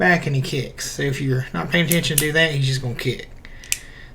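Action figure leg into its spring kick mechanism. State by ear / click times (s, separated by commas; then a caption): seated / 3.7 s. Someone talks while pushing the plastic leg of a Retro Series 8 wrestling action figure all the way back into its spring kick mechanism. A sharp click is heard at 3.7 s as the leg locks back, ready to kick forward.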